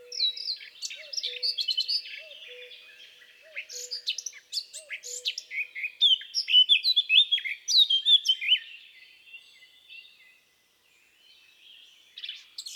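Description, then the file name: Eurasian blackcap singing a hurried warble that builds into loud clear fluting phrases, then fades; a soft low hooting note repeats in the background early on. "baratposzata"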